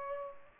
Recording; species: mosquito wingbeat signal from an infrared sensor; Culex pipiens